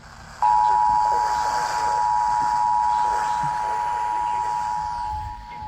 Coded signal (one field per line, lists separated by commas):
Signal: Emergency Alert System (SAME) tones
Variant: 853 and 960 Hz attention tone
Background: speech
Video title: Random Severe Thunderstorm Warning on WWG59, KHB32, and WJIS (5/12/23) (EAS 1968-1970)